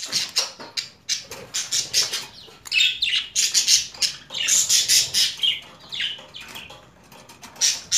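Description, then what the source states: Budgerigar squawking, quick irregular harsh calls nearly nonstop, some grating and some clipped short. Female budgerigar; mixed sounds.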